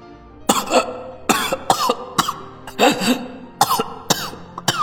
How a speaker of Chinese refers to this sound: 笑着咳嗽，血沫从口中翻出